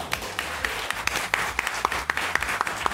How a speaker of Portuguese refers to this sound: E aí a gente chega finalmente ao nosso filósofo favorito, que é Immanuel Kant. Palmas pra Kant.